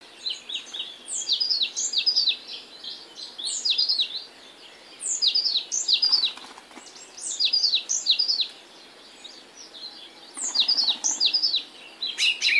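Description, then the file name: African blue tit: repeated phrases of bright, rapid descending notes in several bursts with short gaps, plus a couple of faint clicks in the background. Canary Islands subspecies teneriffae. "Fernand DEROUSSEN - Afrikanskaya lazorevka Cyanistes caeruleus teneriffae"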